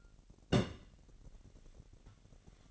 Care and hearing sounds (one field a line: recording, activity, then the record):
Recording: daily activity, microphone in the room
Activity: place on stove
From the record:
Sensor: 4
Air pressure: 1012.8 hPa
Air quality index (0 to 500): 240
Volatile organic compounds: 4 ppm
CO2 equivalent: 1595 ppm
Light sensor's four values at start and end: 27/65/26/25 and 26/63/25/24